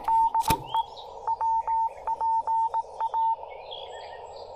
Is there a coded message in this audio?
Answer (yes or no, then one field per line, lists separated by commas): yes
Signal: Morse code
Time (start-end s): 0.1-3.3 s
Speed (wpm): 18 wpm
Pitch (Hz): 900 Hz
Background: radio noise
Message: DE WPA